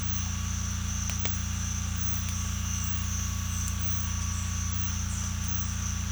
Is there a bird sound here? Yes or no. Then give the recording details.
no. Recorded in secondary vegetation near Puerto Asís, Putumayo, Colombia, on 18 December 2024 at 06:30. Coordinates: 0.485, -76.322. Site GP08